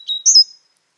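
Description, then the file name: Great tit uttering a single brief phrase, a short lower note then a sharp high whistle sliding down, followed by silence. "Parus major"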